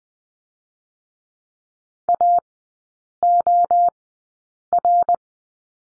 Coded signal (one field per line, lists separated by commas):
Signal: Morse code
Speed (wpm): 20 wpm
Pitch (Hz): 700 Hz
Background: none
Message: AOR